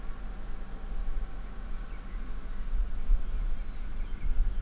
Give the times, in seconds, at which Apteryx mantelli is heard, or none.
none